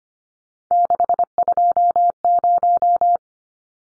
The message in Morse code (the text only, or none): 620